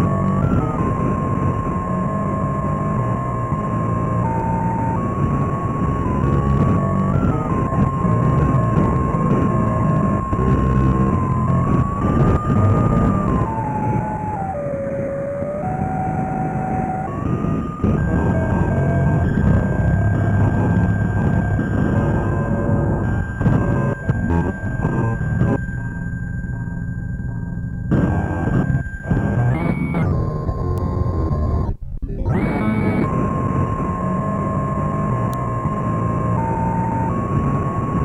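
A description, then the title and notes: Shortwave radio sounds from an old analog set, a dense, steady roar of static with whistling tones that hold, then slide and jump in pitch as the dial moves. Around the half-minute mark the noise briefly drops out and bright bursts of hiss cut through. Shortwave composition recorded live from a 1950's analog radio.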